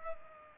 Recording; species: mosquito wingbeat signal from an infrared sensor; Culex pipiens